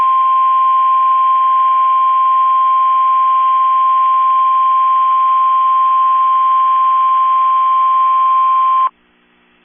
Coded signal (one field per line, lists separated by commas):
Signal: Emergency Alert System (SAME) tones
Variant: 1050 Hz attention tone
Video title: I’M BACK TO CATCHING WEEKLIES EAS Tests From 6/2/21 (EAS #630-635)